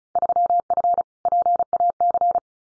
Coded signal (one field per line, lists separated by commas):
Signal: Morse code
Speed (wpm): 35 wpm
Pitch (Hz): 700 Hz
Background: none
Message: 3F PAC